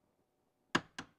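A click-type torque wrench tightens a lug nut on a wheel of a 2009 Mini Cooper Clubman being converted to a plug-in EV. After near silence, the wrench gives a sharp click at 0.8 s, followed by a softer second tick at 1.0 s. The click confirms the nut has reached the 80 ft-lb setting.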